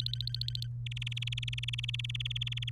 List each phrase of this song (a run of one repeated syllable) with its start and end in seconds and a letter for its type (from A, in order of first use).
0.00-0.67 A, 0.86-2.69 B